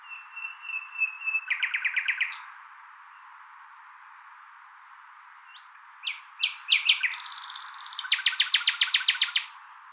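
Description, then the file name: Common nightingale singing: a pure whistle into a quick trill, a pause of several seconds, then rising chirps, a buzzy burst and a long fast rattle. "Luscinia megarhynchos"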